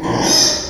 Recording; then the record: squeal of a Yucatan mini pig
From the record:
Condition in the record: before surgery on the right vocal fold (resection and tissue-engineered implant); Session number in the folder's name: 1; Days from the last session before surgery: -3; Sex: male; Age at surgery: 12 weeks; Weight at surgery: 13 kg